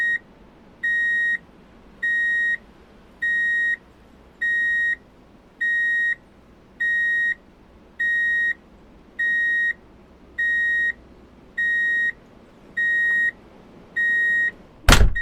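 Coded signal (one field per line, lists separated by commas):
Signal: alarm pattern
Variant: vehicle reverse warning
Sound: steady repeating high beep, about 14 half-second beeps one per second, then a click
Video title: Drive in Reverse Beep Alert - Sound Effects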